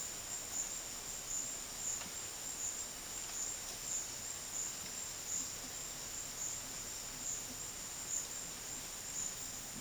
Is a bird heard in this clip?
no